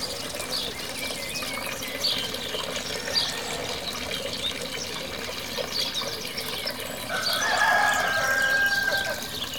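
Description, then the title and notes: Rooster gives one long crow in the last seconds over steady running water and high chirps of small birds. Several roosters of a hamlet crowing at waking time, facing the church near the village washhouse, La Combe-de-Lancey, France. "38190 La Combe-de-Lancey, France - le hameau de la chapelle séveille doucement. face à l’église à proximité du lavoir. Les coqs du hameau en appellent au réveil de tous"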